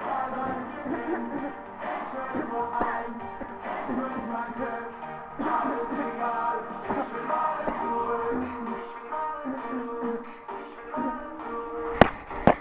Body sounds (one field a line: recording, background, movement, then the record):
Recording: throat clearing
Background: music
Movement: sitting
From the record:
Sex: female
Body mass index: 36.4 kg/m2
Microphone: on the chest, facing the body